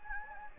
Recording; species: mosquito wingbeat signal from an infrared sensor; Anopheles gambiae